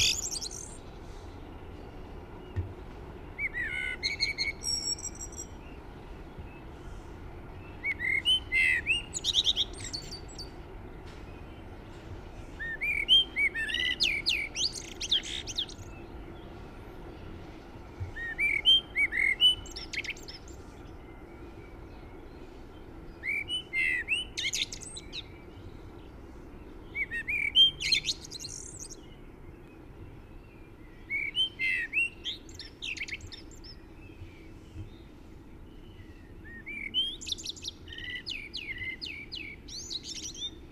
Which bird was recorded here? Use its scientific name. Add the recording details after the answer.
Turdus merula. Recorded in the wild. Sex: male. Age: adult. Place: Garmisch-Partenkirchen, Bayern, DE. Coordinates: 47.5039, 11.0858. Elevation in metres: 691. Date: 1975-03-05. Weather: Sonne, warme Temperaturen. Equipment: Nagra IV, Sennheiser MKH 405, Parabolreflektor. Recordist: Tretzel, Erwin